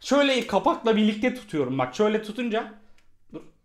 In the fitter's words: düşecek Yani gösteremedik yani düşecek oturmuyor kapak